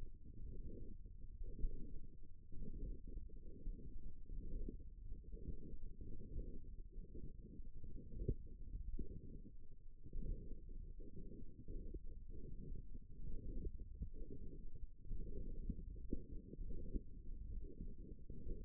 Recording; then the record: forearm muscle sounds (acoustic myography)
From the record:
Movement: hook grip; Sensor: system 1, eight BSWA MPA416 microphones around the upper forearm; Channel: 7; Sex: female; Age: 21 years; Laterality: right